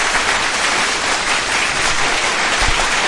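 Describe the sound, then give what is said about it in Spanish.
Steady, dense applause fills the whole three seconds, a loud continuous patter of many hands clapping with no voices standing out. “Ok, yo sí estuve chafón, pero le vamos a dar aplausos porque siempre nos trae buenos datos.”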